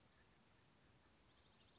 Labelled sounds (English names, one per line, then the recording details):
Western Flycatcher
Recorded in Sonoma County, California